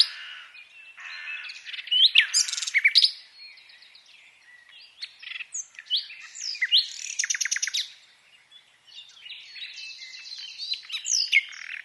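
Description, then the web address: Common nightingale: songbird pouring out dense, jumbled phrases of chirps, rasping notes and quick rattles, rising and falling in loudness. "SETE Luscinia megarhynchos"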